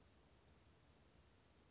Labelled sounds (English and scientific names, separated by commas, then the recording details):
Western Flycatcher (Empidonax difficilis)
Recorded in Sonoma County, California